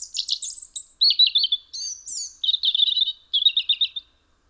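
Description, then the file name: European robin song, a rapid sequence of high thin notes, short trilled runs and sweet warbles, each phrase changing pitch, ending in silence. "Erithacus rubecula"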